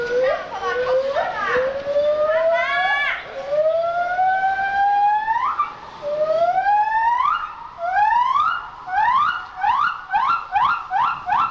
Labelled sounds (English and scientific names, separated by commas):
Silvery Javan Gibbon (Hylobates moloch)